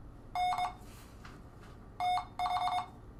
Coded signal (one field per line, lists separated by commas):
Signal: Morse code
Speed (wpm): 22 wpm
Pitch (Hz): 720 Hz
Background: none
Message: N TH